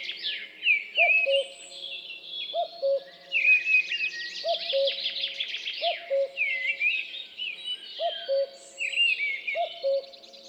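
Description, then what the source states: Common Cuckoo song, a low two-note cu-coo, the second note lower, repeated steadily beneath a busy chorus of high, trilling and warbling songbirds. Forest dawn chorus at Champs des Blas on 3 June 2020; Nagra LB with MKH8020 microphone.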